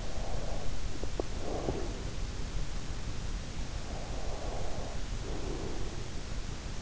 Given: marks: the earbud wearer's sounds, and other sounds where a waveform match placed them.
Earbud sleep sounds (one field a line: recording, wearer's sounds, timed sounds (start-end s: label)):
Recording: sounds in sleep by an in-ear microphone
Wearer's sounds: breath, teeth grinding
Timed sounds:
0.00-2.26 s: breath
0.82-1.44 s: teeth grinding
3.85-6.47 s: breath